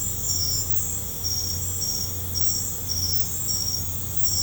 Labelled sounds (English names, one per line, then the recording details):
none
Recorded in pastures near Puerto Asís, Putumayo, Colombia, on 15 December 2024 at 21:30
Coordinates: 0.505, -76.324
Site G063